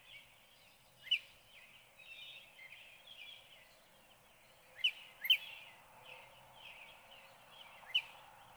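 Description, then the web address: Northern cardinal song: scattered whistled downslurred notes, with sharper, louder ones near the start and in the middle and one more near the end. "birdsongforthecurious Northern Cardinal"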